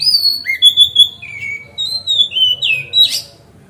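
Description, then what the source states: Oriental magpie-robin song, loud varied whistles sliding between high and lower pitches, with clear phrases and a final rough burst. Kacer song used as masteran (tutoring other birds), on a terrace.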